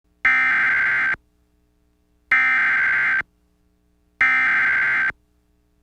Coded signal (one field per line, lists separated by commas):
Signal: Emergency Alert System (SAME) tones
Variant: header bursts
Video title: AM/FM EAS #20 (EAS #66): Flash Flood Warning, 8/21/20